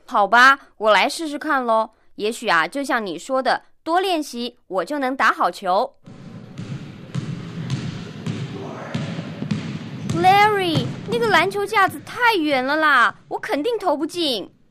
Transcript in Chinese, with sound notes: 好吧，我来试试看，也许就象你说的，多练习，我就能打好球！ (Sound of dribbling basketball) Larry, 那个篮球架子太远了，我肯定投不进！